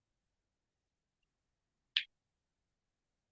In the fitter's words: kind of clicked into place